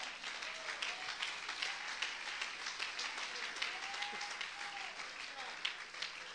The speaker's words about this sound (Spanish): Dale un aplauso a Cristo y sigo.